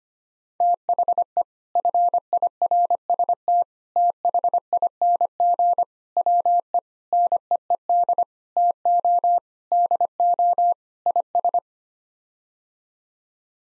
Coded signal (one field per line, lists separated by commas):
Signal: Morse code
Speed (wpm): 25 wpm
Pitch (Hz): 700 Hz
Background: none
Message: THE FIRST THING WE NEED TO DO IS